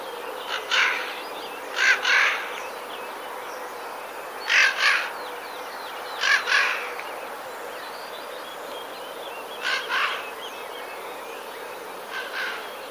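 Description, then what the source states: Eurasian jay screeching harshly, mostly in doubled bursts, pairs of rasping notes repeated every few seconds, with faint bird twitters behind. Alarm call, 7 April 2019.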